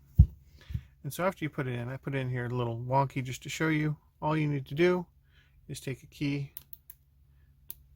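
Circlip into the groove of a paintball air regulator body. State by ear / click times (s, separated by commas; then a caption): seated / 6.7 s, 6.9 s, 7.7 s. A metal circlip, deliberately left crooked in the bore of a paintball air regulator body, is pushed around with a key because it is a very tight fit. Someone talks, and then sharp clicks come at 6.7, 6.9 and 7.7 seconds as the circlip snaps fully into its groove and seats.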